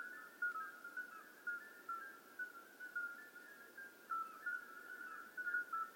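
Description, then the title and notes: Common midwife toads calling in chorus, many short flute-like notes at slightly different pitches, overlapping into a near-continuous sound. Hundreds of toads giving flute-like calls simultaneously at slightly different pitches in an old disused quarry near Lerouville; calling begins at dusk, continues through the night; recorded just after midnight. "Outskirts of Lerouville. Common Midwife Toads. Recorded by Colin Hunter. Music for Sleep project"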